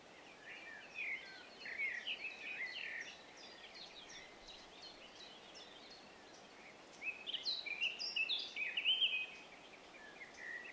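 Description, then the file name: Eurasian blackcap warbling song: two bursts of quick, scratchy, varied notes, one early and one near the end. "Sylvia atricapilla"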